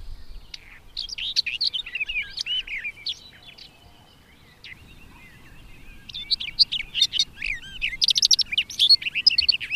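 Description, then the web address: Barred warbler song, a fast scratchy warble of varied chirps and squeaky notes in two bursts separated by a brief quieter pause. "agykontroll Madardalok Cd 2. Karvalyposzáta"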